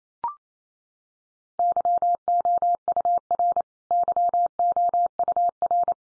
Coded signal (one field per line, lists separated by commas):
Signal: Morse code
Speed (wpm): 28 wpm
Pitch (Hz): 700 Hz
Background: none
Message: YOUR YOUR